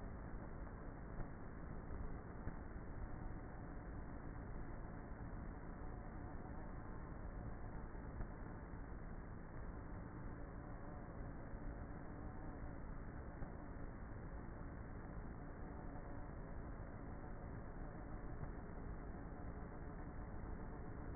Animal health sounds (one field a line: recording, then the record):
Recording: honeybee colony, microphone inside the hive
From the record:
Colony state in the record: queenless with a low population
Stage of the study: before two queens were removed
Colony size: about 30,000 bees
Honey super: no